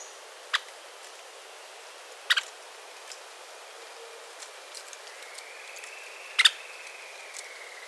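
Scarlet-backed woodpecker giving sharp, dry pik notes, one single then two doubled, spaced about two and then four seconds apart, with a faint thin whistle drawn out near the end over soft background hiss.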